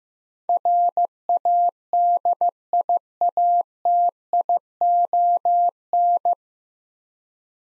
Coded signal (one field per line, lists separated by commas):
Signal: Morse code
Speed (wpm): 15 wpm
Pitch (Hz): 700 Hz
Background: none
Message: RADIATION